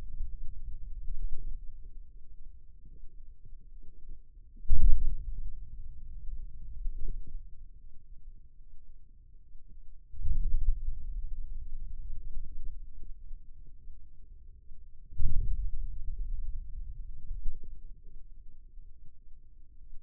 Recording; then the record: forearm muscle sounds (acoustic myography)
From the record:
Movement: hand opening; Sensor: system 2, bracelet of six BSWA MPA416 microphones around the upper forearm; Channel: 6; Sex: male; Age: 22 years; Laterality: right